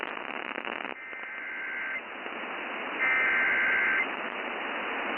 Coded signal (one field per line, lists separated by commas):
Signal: Emergency Alert System (SAME) tones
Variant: header bursts